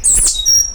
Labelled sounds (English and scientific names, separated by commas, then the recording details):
Stitchbird (Notiomystis cincta) song
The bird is a male
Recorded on Tiritiri Matangi Island, New Zealand, in 2005
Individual 12, of nest box 16